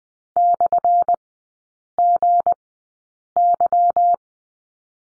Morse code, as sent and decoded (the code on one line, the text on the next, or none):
-..-. --. -.--
/GY